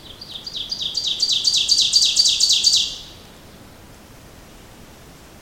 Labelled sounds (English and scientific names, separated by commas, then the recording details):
Ovenbird (Seiurus aurocapilla) song
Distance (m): 10 m
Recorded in boreal forest in Alberta, Canada, on 28 May 2016 at 05:35
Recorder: SongMeter 3, array SBT-3-49
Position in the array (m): 109 m, 135 m
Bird 15